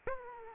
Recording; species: mosquito wingbeat signal from an infrared sensor; Aedes aegypti